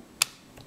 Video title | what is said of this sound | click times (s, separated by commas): ECTOR l'ordinateur pour les Dys : Numériser un document | l'autre côté je vais exercer une légère pression jusqu'à entendre le petit clic | 0.2 s